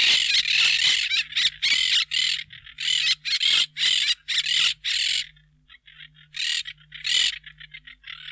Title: Museo de Ciencias de Bahía Blanca - PdA - Cotorra